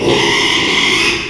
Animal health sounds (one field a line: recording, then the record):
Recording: squeal of a Yucatan mini pig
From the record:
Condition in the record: after surgery on the right vocal fold (resection and tissue-engineered implant)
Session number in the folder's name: 1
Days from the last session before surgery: 6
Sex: male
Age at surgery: 12 weeks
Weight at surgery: 13 kg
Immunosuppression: cyclosporine, prednisolone